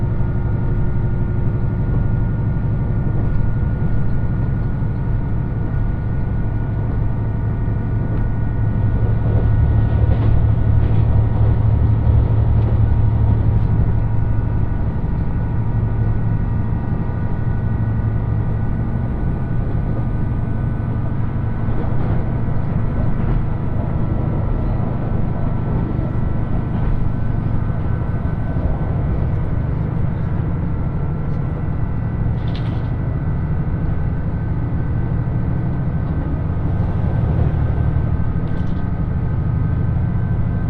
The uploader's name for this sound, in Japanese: 予讃線特急宇和海5号 伊予大洲→宇和島